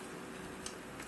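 An Oreva power saver LED tube light is held by both edges and twisted into its bracket. Over a steady hiss, a brief faint tick sounds at 0.7 s and a softer one near 1.0 s. Nothing has seated or clicked into the bracket yet.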